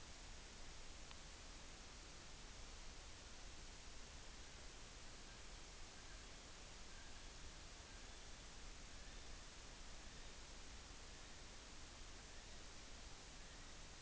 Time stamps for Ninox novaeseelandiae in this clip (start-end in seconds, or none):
none